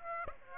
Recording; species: mosquito wingbeat signal from an infrared sensor; Aedes aegypti